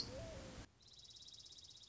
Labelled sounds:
Dark-eyed Junco (Junco hyemalis)
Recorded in Sonoma County, California

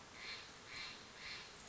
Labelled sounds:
Steller's Jay (Cyanocitta stelleri)
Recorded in Sonoma County, California

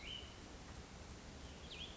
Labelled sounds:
Cassin's Vireo (Vireo cassinii)
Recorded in Sonoma County, California

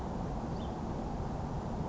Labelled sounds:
House Finch (Haemorhous mexicanus)
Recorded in Sonoma County, California

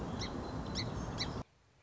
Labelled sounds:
Song Sparrow (Melospiza melodia)
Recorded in Sonoma County, California

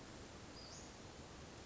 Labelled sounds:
Western Flycatcher (Empidonax difficilis)
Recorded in Sonoma County, California

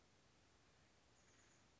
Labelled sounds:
Chestnut-backed Chickadee (Poecile rufescens)
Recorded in Sonoma County, California

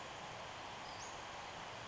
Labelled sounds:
Western Flycatcher (Empidonax difficilis)
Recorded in Sonoma County, California

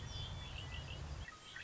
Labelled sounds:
Red-winged Blackbird (Agelaius phoeniceus)
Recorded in Sonoma County, California

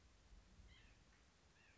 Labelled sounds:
White-breasted Nuthatch (Sitta carolinensis)
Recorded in Sonoma County, California

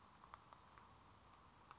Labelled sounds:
Chestnut-backed Chickadee (Poecile rufescens)
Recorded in Sonoma County, California

